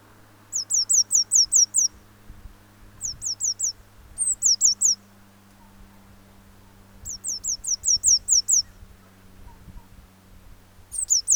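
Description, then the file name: Eurasian blue tit giving several bursts of rapid high downslurred notes over a low steady hum and faint rumbling noise. "Cyanistes caeruleus"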